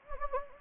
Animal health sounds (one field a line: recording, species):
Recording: mosquito wingbeat signal from an infrared sensor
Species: Anopheles gambiae